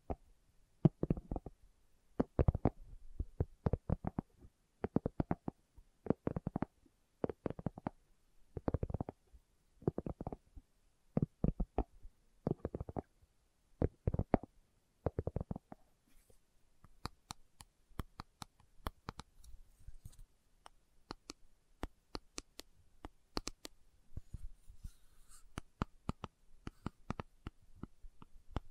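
Slow tapping, with soft clustered knocks arriving in rhythmic bursts roughly every second for the first fifteen seconds. After that the taps grow sharper, brighter and more scattered, with crisp clicks and a faint rustle between them.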